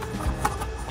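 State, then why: Not seated. A plastic tab on a wasp trap panel is bent in and pushed down into the bottom section of the trap, producing low handling rustle with one short, sharp tick at about 0.5 s. The tab has not snapped into place yet; nothing has seated or clicked.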